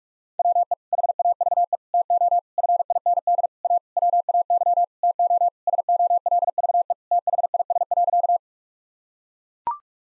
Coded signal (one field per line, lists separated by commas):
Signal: Morse code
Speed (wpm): 42 wpm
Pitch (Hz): 700 Hz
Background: none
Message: WE HAVE TO FIND A WAY TO SOLVE THIS.